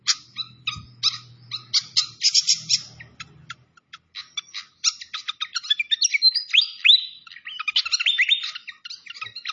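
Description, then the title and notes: Malaysian pied fantail song: chips and twitters building into a quick, lively stream of whistled slurs. Training (masteran) recording of clear-voiced song combined with the sound of trickling water. "Masteran Sikatan Kipas Suara Jernih Dan Suara Gemericik Air. Suara Burung Sikatan Londo"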